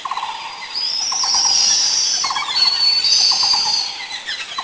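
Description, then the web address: Black-browed Barbet calling in short bursts of rapid, pulsed low notes, repeated several times, beneath a loud, high-pitched droning. Taiwan. "Taiwan White-throated Laughingthrush Black-browed Barbet"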